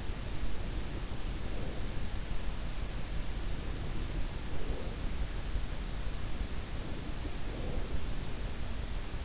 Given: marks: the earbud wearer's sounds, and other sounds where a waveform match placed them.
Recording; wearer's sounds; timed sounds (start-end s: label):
sounds in sleep by an in-ear microphone; breath
0.00-2.27 s: breath
3.39-5.24 s: breath
6.69-9.23 s: breath